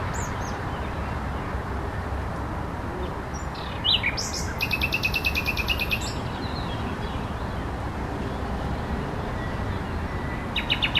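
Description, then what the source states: Common nightingale delivering a rapid rattle of repeated high notes after a short introductory note; steady low background noise. La Vavrette, 14 May 2016; recorded on an MZ-N 710 recorder.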